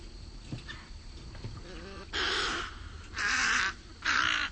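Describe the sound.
Snowy egret giving three harsh, raspy croaking calls, each about half a second long, spaced roughly a second apart over low background hiss.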